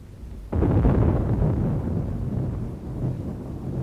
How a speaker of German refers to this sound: Draußen gewittert es.